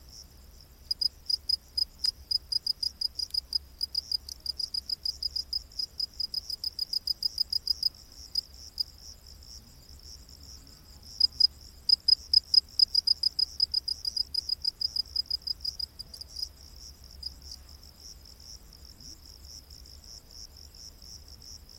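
Crickets chirp in quick, regular pulses, a high bright trill that runs from about one second to eight, pauses, then returns from eleven to seventeen seconds before fading. A faint low rumble and a softer insect hiss sit steadily underneath throughout.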